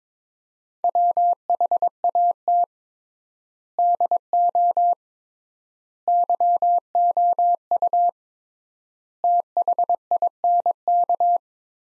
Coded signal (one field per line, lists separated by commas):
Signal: Morse code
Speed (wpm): 22 wpm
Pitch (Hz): 700 Hz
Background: none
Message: WHAT DO YOU THINK